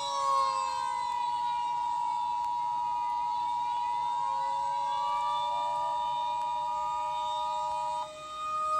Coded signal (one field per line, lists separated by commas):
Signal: Emergency Alert System (SAME) tones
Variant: 853 and 960 Hz attention tone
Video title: DAVID ERROR 3 EAS